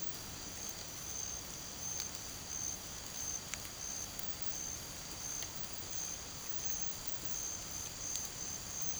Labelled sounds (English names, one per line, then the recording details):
none
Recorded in pastures near Puerto Asís, Putumayo, Colombia, on 8 March 2025 at 03:00
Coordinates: 0.486, -76.323
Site G075